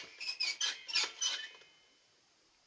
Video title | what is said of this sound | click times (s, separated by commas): Ремонт тостера. | Даже не фіксується. | none